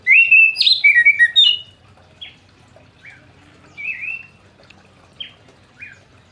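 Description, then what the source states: Orange-headed thrush song: a loud, rich burst of varied whistled and warbled notes, followed by scattered short whistles and a quieter slurred phrase near four seconds. Singing bird, described as gacor ngeplong.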